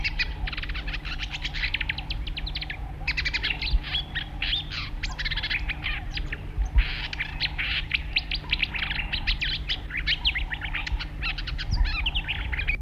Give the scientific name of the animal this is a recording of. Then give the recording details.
Acrocephalus palustris. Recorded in the wild. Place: Farm Frauenstein. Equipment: Halbspur, 9,5 cm/s. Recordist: Lütgens, Hans